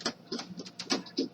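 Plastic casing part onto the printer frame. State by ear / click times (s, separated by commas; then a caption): not seated / none. During printer reassembly, after the roller is back in place, a plastic casing part is lowered onto the printer frame, making light plastic taps and rattles with sharper knocks near 0.1, 0.8 and 0.9 seconds. The clip ends before the part latches, so nothing has seated or clicked yet.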